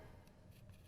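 The small end of a metal backdrop crossbar is handled at the top of a light stand while its silver spring button, which locks the crossbar into the stand, is pressed. Only quiet low handling noise is heard, with a faint tick at 0.3 s. Nothing has seated or clicked yet.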